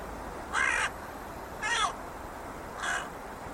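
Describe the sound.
Bird giving three hoarse, nasal caws, each about a third of a second long and roughly a second apart, over a steady background hiss.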